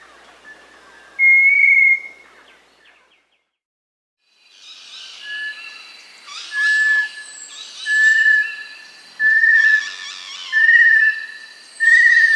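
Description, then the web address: Little Tinamou whistles: one clear note, a pause, then a series of five whistled notes, evenly spaced. South America. "Natures Songs S America Little Tinamou (Crypturellus soui)"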